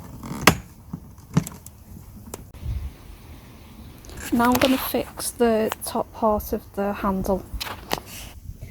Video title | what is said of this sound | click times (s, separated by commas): FLYMO EASIGLIDE 300 LAWNMOWER - FULL REVIEW - SET UP - ADJUST DEPTH OF CUT - FOLD THE HANDLES | push quite firmly on the pin till you hear it lock into place. | 0.5 s